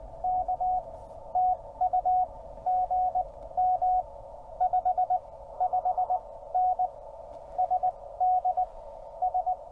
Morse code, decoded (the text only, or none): K TU GM 55N SD S